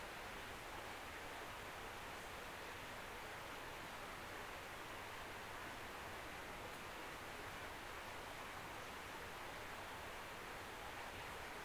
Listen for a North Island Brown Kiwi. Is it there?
no